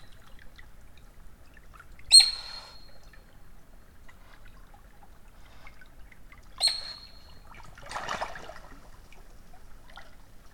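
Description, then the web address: Eurasian otter giving two short, sharp high whistles several seconds apart, followed by a brief rushing sound. "saukko lauri hallikainen. saukon voi loytaa sulapaikan liepeilta"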